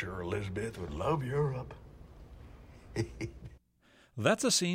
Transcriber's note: laughter